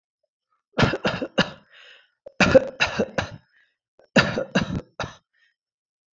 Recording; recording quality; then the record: shallow voluntary cough; excellent, no background noise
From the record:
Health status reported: respiratory illness, not identified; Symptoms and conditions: asthma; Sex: male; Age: 27 years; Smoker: not ticked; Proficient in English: yes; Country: India